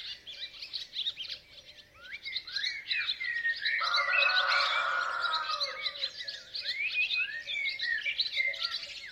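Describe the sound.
Rooster gives a single long, steady crow in the middle, while many small birds keep up a dense, twittering chorus throughout.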